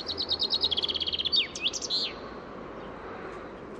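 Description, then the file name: Common chaffinch song, a quick run of high repeated notes tumbling downward, closed by a couple of looping flourish notes, then quiet background hiss. "Fringilla coelebs"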